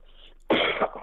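One short, harsh cough burst after a quiet moment, from an adult man over a phone line.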